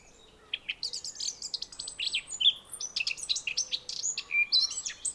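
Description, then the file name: Eurasian blackcap song: a rich sequence of varied whistled and chattering notes, some clear and slurred, delivered quickly over a faint background hiss. "Sylvia atricapilla"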